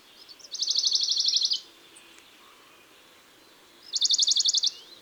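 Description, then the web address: Western Bonelli's warbler song, two quick, dry trills of evenly spaced notes, the first about a second long, the second a little shorter, separated by a pause. Recorded in June. "Juin Le Pouillot de bonelli. album les-4-saisons-des-chants-doiseaux"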